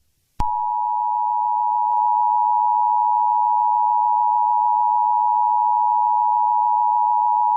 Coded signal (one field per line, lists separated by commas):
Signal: Emergency Alert System (SAME) tones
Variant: 853 and 960 Hz attention tone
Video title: EAS Scenario - The Bees (40 Subscriber Special)